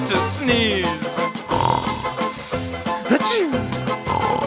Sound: loud snore* *deep inhale* AH-CHOO!